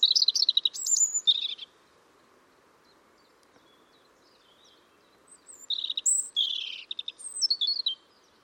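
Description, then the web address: European robin song: tumbling phrases of high, sweet twittering and thin whistles, a silent gap of several seconds, then more liquid warbling phrases, with faint steady background hum. "Deverinetal 2025 File origin Bird Only Er Ru"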